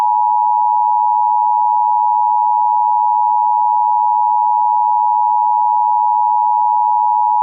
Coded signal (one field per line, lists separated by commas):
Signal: Emergency Alert System (SAME) tones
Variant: 853 and 960 Hz attention tone